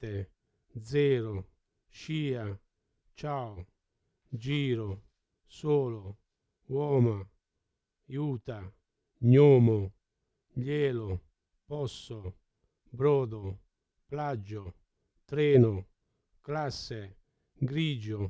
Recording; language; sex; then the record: read list of words; Italian; male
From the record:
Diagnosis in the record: Parkinson's disease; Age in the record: 70 years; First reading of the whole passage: 68 s, 7.6 characters per second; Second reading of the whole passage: 61 s, 8.4 characters per second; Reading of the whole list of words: 64 s, 4.4 characters per second